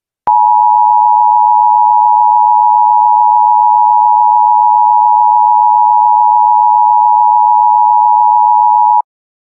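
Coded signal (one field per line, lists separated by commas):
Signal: Emergency Alert System (SAME) tones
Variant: 853 and 960 Hz attention tone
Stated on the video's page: Fictional national emergency EAS alert staged as interrupting a race broadcast.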